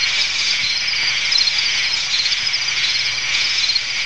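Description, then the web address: Insects in a dense high-pitched chorus, a continuous shimmering trill with a faint steady low hum beneath. Insects calling in a swamp. "Wei-Hsiang Liao gen Insects In A Swamp"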